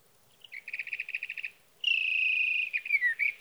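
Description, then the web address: Sage thrasher song: a quick series of rapid repeated notes, a pause, then a long sustained whistled note ending in slurred twitters. "birdsongforthecurious Sage Thrasher"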